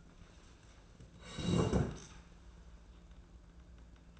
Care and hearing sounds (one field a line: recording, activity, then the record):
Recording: daily activity, microphone in the room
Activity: sit down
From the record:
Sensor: 2